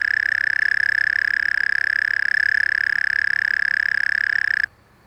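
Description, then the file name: European mole cricket song: an unbroken, even, purring trill held for over four seconds before stopping abruptly near the end. "Gryllotalpa gryllotalpa"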